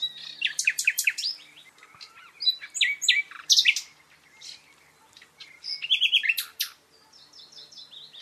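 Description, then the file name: Common nightingale singing varied, rich phrases: clusters of sharp descending whistles and clicking notes, separated by short gaps, with quieter repeated notes near the end. "Luscinia megarhynchos"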